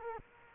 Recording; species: mosquito wingbeat signal from an infrared sensor; Culex quinquefasciatus